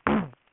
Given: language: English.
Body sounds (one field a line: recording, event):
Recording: throat vibration sensor signal played as sound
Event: throat clearing